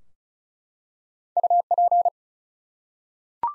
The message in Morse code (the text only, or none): UP